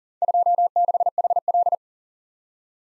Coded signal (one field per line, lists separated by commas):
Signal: Morse code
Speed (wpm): 47 wpm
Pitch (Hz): 700 Hz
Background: none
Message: 26HL